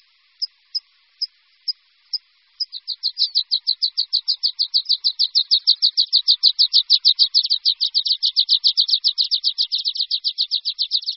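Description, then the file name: Water pipit: five widely spaced high notes, then a long, fast trill of ringing chirps that continues to the end. "Linduška-horská"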